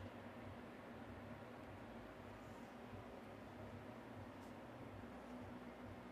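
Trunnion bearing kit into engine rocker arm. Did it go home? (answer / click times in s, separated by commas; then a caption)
no / none. A trunnion bearing kit is pushed through an engine rocker arm, with one end pushed and the other pulled, over a steady, broadband background hum. The kit has not clicked into the rocker arm yet.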